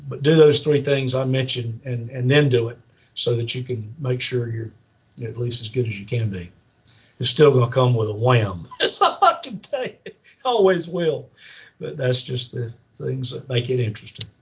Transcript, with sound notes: But do those three things I mentioned and then do it so that you can make sure you’re at least as good as you can be. It’s still going to come with a wham (laughs) that’s all I can tell you, (laughs) it always will, but that’s just the things that make it interesting.